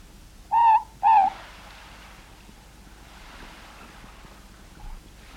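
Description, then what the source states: Morepork song: a clear two-note hoot given once, then quiet. New Zealand.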